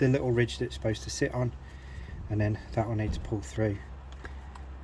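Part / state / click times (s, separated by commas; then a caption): airbag cover retaining clip into steering wheel / seated / 4.2 s. A man talks while the retaining spring clip on an Audi steering wheel airbag cover is pulled through and dropped back onto the ridge it sits on. A few faint, sharp clicks follow the speech, and the clip snaps back into place with a click at about 4.2 seconds, leaving it seated.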